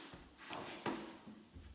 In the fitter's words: you'll hear a clicking noise once it goes in the right way